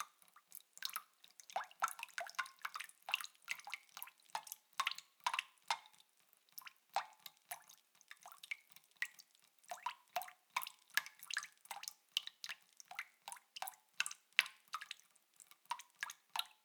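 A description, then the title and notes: Water drips steadily into a bucket, fast plinks in an uneven but constant rhythm, bright and sharp, with a faint low ring beneath. Water Dripping Into a Bucket.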